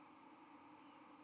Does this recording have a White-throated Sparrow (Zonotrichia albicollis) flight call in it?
no